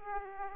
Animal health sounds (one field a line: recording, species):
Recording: mosquito wingbeat signal from an infrared sensor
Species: Aedes aegypti